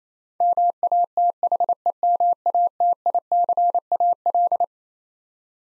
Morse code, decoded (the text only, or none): MATHEMATICAL